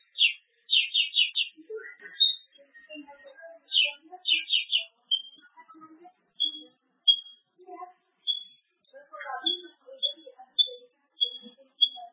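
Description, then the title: Bird song of rapid buzzy trilled bursts and thin high whistled notes, repeated with short pauses, over faint low chirps and clicks. "Masteran"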